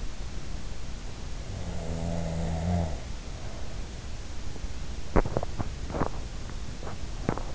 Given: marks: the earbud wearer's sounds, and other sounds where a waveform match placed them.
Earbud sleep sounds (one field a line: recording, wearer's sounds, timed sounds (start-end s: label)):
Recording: sounds in sleep by an in-ear microphone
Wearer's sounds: snoring breath, teeth grinding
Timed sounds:
1.54-3.84 s: snoring breath
4.90-7.55 s: teeth grinding